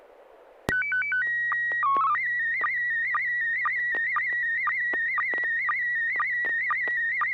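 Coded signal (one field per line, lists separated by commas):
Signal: SSTV (slow-scan television)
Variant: PD 120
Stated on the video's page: SSTV net on a 441.300 MHz FM repeater in Sacramento, California, sent with MMSSTV software.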